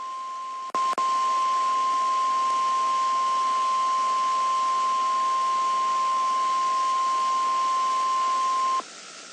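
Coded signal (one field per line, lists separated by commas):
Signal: Emergency Alert System (SAME) tones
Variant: 1050 Hz attention tone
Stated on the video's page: Real Special Marine Warning.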